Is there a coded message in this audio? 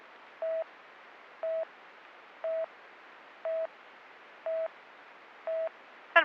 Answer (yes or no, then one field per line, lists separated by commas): no